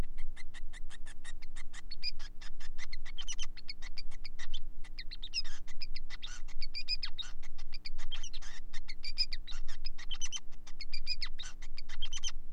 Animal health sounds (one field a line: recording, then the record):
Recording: song of a male Bengalese finch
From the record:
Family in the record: son of father 5